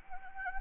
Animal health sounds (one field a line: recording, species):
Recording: mosquito wingbeat signal from an infrared sensor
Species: Anopheles gambiae